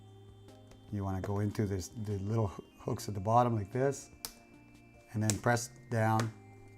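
A plastic loudspeaker assembly is hooked in at the bottom of a Samsung Galaxy S4 smartphone housing, ready to be pressed down until it clicks into place. Someone talks throughout, with faint light handling sounds, including a soft tap at 0.7 seconds. Nothing has seated or clicked yet.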